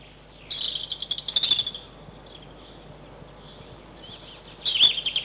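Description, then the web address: European robin giving a thin high whistle and a brief trilled phrase, then a pause before another sharp, twittering burst. Spring recording. "vremena vesna zarjanka"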